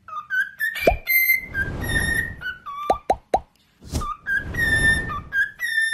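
Cockatiel whistles, steady and gliding tones, interrupted by several sharp knocking plops and rushing noises.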